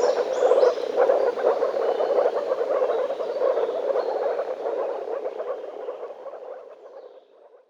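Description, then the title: Frogs croaking in a dense chorus of overlapping rattling calls; the chorus fades toward the end. Frogs in a forest. "лягушки frogs in the forest"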